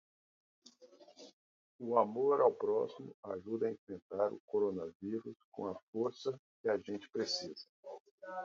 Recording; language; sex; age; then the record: spoken sentence; Brazilian Portuguese; male; 40 to 49 years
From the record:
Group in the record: control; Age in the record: 44 years